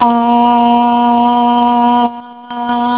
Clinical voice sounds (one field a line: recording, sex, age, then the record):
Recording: sustained vowel /a/ by telephone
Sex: female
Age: 30 to 39 years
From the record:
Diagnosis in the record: healthy control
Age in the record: 36 years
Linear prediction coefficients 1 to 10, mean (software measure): 1.58, -0.64, -0.11, -0.63, 1.09, -0.49, 0.07, -0.08, 0.09, -0.05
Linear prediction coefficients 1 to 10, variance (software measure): 0.031, 0.078, 0.088, 0.133, 0.119, 0.134, 0.055, 0.063, 0.034, 0.010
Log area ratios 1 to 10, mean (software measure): -2.34, 2.15, -0.06, -0.52, -0.99, 0.88, -0.06, 0.07, 0.00, 0.11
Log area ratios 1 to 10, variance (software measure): 0.037, 0.154, 0.158, 0.048, 0.114, 0.088, 0.130, 0.026, 0.078, 0.039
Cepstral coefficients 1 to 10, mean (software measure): 1.58, 0.62, 0.20, -0.62, -0.03, -0.08, 0.01, 0.20, 0.05, 0.07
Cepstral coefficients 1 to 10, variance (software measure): 0.031, 0.017, 0.044, 0.018, 0.028, 0.005, 0.004, 0.003, 0.004, 0.003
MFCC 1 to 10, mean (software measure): -4.05, 1.56, -0.30, -1.34, 0.74, 0.79, 0.26, 0.35, -0.97, -0.19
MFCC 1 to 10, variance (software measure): 2.312, 0.042, 0.073, 0.056, 0.109, 0.161, 0.054, 0.023, 0.051, 0.049